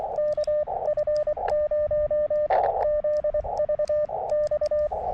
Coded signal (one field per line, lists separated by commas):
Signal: Morse code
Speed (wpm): 24 wpm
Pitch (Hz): 600 Hz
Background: radio noise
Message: KF0ZVX